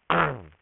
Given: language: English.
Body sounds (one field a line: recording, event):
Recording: throat vibration sensor signal played as sound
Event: throat clearing